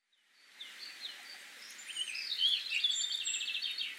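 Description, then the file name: Eurasian blackcap singing a fast, varied warble of chirpy high notes that grows busier and louder after the first two seconds, over a faint steady hiss. "Sylvia atricapilla"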